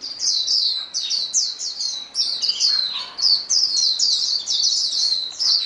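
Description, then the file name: White-eye song chorus: dense, high twittering from several birds, rapid overlapping chirps and short trills with brief pauses throughout. Chorus of many birds singing together, described as a choir. "paduan suara pleci"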